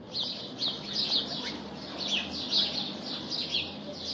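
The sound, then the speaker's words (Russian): A sparrow pecking at a dried bread crust chirps steadily, short high-pitched tweets repeating in quick bursts over a soft, low background murmur, with no one speaking. “Воробей Коля, который клевал засохшую горбушку, поднял голову и с завистью сказал коту”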